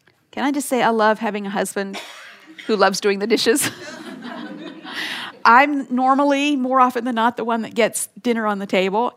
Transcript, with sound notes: Can I just say that I love having a husband who loves doing the dishes? [laughter] I’m normally—more often than not—the one who gets dinner on the table.